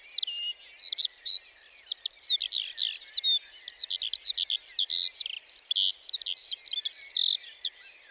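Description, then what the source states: Lark pouring out a long, fluent medley of high chirps, slurred whistles and quick trills, the phrases running together without real breaks. Lark singing while perched on top of a bush on the plateau at Lesches-en-Diois, 29 March 2020, before full daybreak; sang nearly fifteen minutes before flying off; stereo Nagra Seven, cardioid MKH40.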